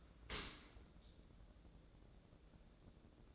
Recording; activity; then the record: daily activity, microphone in the room; open dishwasher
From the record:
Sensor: 3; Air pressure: 1012.3 hPa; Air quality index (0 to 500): 159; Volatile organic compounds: 2 ppm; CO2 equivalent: 1224 ppm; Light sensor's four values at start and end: 490/1204/496/491 and 489/1200/494/489